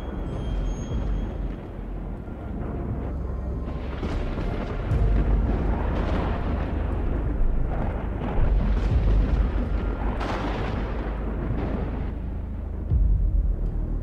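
Heavy, rumbling thunder rolls across the sky for the whole stretch, with deep booming surges around five, eight and thirteen seconds over a constant roar of low crackle. No voices.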